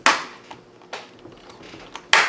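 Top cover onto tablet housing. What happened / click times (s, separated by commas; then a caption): The plastic cover snapped into place / 0.1 s, 2.1 s. During reassembly of a Pandigital S8X1102rd tablet, the plastic top cover is pressed back onto the housing. Two loud, sharp snaps ring out at 0.1 s and 2.1 s, with fainter ticks between them. The cover ends up snapped into place and seated.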